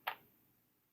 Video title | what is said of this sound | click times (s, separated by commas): Tokyo Marui M870 Gas Shotgun Review | so you get a lot of ammo again there's no gas in there no rounds in it so you literally just whack it straight in Clicks in place | 0.1 s